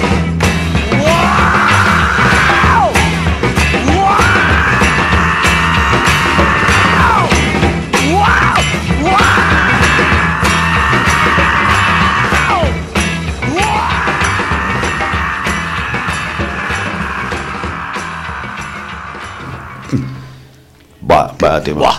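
A singer belts long, strained, high-pitched screams over a loud, dense band, holding four drawn-out wails one after another before the music cuts off near the end.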